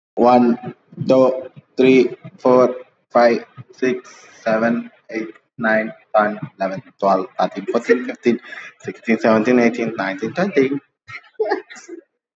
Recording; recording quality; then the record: counting at a normal pace; excellent, no background noise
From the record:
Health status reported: COVID-19 positive, mild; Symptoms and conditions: cough, cold, muscle pain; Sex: male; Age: 25 years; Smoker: not ticked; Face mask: not worn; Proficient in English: yes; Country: India